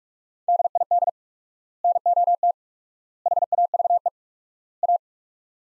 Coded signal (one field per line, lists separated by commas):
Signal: Morse code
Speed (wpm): 46 wpm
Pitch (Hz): 700 Hz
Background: none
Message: DID NOT HAVE A